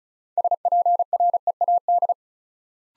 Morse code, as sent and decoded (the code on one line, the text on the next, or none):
... .--. .-. . .- -..
SPREAD